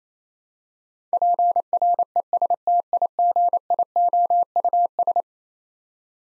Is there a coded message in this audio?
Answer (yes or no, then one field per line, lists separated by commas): yes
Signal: Morse code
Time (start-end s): 1.1-5.2 s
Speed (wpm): 28 wpm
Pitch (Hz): 700 Hz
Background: none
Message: PRESTIGIOUS